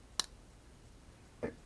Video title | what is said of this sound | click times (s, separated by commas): Instructions: How to use the MARS, load insert plates, change blades etc... | like so and push and you'll hear the click | 0.2 s